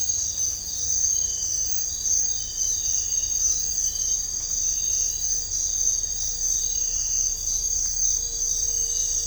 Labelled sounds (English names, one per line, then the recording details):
none
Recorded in dense forest near Puerto Asís, Putumayo, Colombia, on 21 December 2024 at 05:30
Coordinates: 0.500, -76.322
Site G053